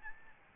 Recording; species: mosquito wingbeat signal from an infrared sensor; Aedes albopictus